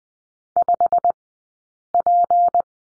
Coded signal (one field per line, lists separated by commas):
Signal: Morse code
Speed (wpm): 20 wpm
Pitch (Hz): 700 Hz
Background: none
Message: 5P